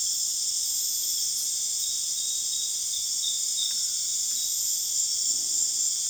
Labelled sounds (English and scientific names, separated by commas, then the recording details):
none
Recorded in dense forest near Puerto Asís, Putumayo, Colombia, on 22 June 2025 at 19:00
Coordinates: 0.484, -76.325
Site H65